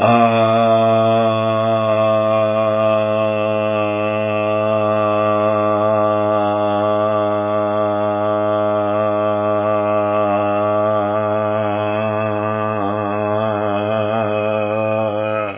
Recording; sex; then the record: sustained vowel /a/; male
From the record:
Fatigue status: no fatigue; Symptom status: symptomatic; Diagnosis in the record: COVID-19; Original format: 3gp